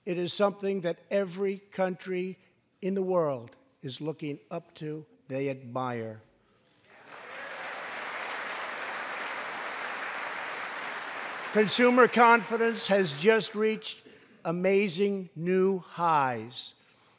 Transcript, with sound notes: It is something that every country in the world is looking up to. They admire. (Applause.) Consumer confidence has just reached amazing new highs.